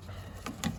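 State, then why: Not seated. The inner door trim panel of an Audi (B8/B8.5 A4, A5, A6, Q5), removed to replace a broken inside door handle cable because the door won't open from inside, is handled as it goes back onto the car door frame so its plastic retaining clips can pop into place. Over a low steady rumble, two brief bright bursts of handling noise come at about 0.5 and 0.6 seconds. Nothing has seated or clicked yet.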